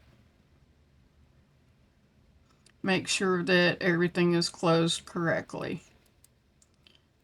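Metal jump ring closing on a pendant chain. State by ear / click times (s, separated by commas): seated / 6.2 s, 6.9 s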